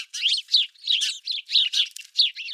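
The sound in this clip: House Sparrow chirping in a lively run of bright, quick notes, with no other sounds.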